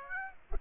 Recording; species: mosquito wingbeat signal from an infrared sensor; Aedes aegypti